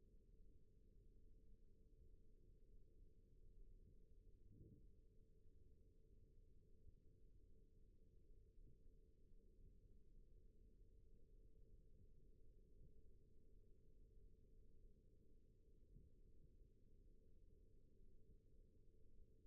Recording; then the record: forearm muscle sounds (acoustic myography)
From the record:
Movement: rest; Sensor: system 1, eight BSWA MPA416 microphones around the upper forearm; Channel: 2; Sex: female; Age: 20 years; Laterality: right